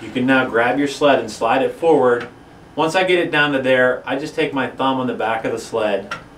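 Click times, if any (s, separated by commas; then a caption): none. Someone talks while the cocking sled on a Ravin R29 crossbow is grabbed and slid forward along the rail, then pushed with a thumb on the back of the sled toward the bowstring. The sled has not yet clicked onto the string, and nothing has seated.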